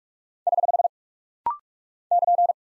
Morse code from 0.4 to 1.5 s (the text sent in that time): <HH>